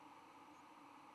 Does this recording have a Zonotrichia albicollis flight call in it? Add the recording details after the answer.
no. Another species' flight call is heard. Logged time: 07:12 on 10 November 2014